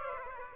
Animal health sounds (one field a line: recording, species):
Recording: mosquito wingbeat signal from an infrared sensor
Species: Aedes aegypti